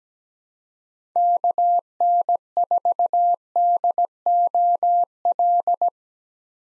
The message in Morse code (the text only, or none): KN4DOL